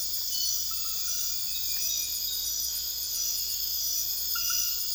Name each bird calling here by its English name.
none